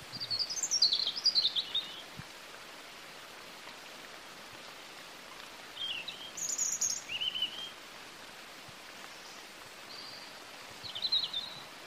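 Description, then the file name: European robin giving thin, high twittering phrases of quick tinkling notes, each lasting from under a second to about two seconds, separated by pauses of several seconds over a steady background hiss. "Erithacus rubecula"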